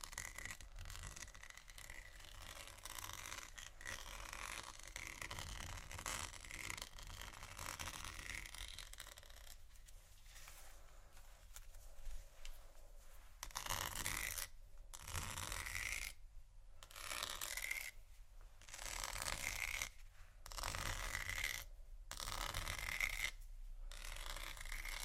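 Scratching and crinkling of plastic, vinyl and bristles, a dense, steady rasp with small ticks for the first half. After about 14 seconds it breaks into short bright bursts of scraping split by sudden gaps, over a low constant rumble.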